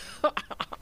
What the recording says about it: Mine has a little reverberation after it, because I go, achoo. To shake it off, because usually they happen in threes for me.